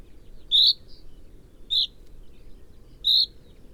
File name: Fringilla coelebs